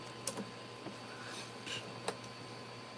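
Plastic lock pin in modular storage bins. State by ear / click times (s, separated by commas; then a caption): released / 0.3 s, 2.1 s. Plastic locking pins that hold modular storage bins together are pulled out by hand, giving two sharp clicks at 0.3 s and 2.1 s over a steady low background hum. Both lock pieces pop free, and the storage units are released.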